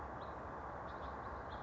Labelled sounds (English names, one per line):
House Finch